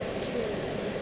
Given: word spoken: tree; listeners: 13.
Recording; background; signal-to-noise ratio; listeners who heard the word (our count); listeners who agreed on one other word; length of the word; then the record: one English word in noise, from a listening test; speech-shaped noise; -5.2 dB; 1 of 13; 6 of 13; 0.62 s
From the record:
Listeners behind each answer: 6, 2, 1, 1, 1, 1, 1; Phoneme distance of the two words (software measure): 10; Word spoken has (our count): 1 syllable, 3 phonemes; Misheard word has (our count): 1 syllable, 3 phonemes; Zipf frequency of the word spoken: 4.95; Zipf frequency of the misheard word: 5.33